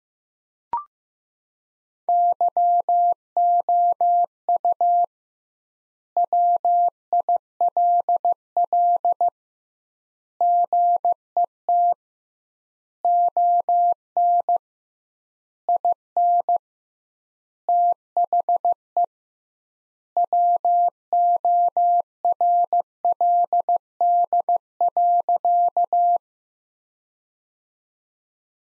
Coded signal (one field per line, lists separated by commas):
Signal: Morse code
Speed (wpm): 15 wpm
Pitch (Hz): 700 Hz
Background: none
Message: YOU WILL GET ON IN THE WORLD.